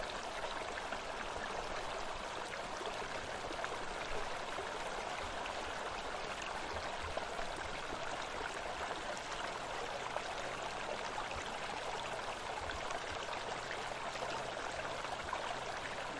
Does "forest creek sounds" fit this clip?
yes